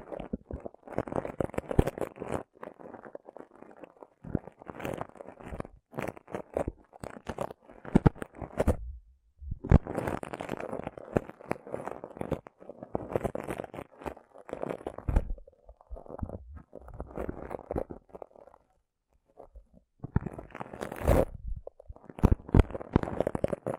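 Rough brain cleaning and picking: wet, squelching crunches and tearing sounds come in quick, dense bursts of scraping and squishing. Brief pauses break the activity near nine, fifteen and twenty seconds before the messy picking resumes.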